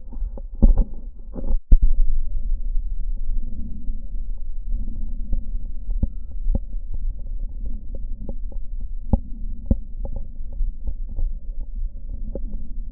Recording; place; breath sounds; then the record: lung sounds by stethoscope; right posterior middle chest; expiratory wheeze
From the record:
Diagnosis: asthma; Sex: female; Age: 53 years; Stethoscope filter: diaphragm mode, 100 to 500 Hz